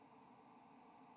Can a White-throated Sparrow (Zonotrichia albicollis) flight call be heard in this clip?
no